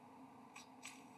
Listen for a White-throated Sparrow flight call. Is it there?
no